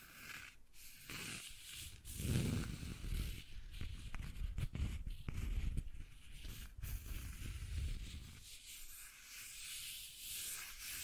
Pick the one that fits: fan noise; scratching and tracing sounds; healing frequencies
scratching and tracing sounds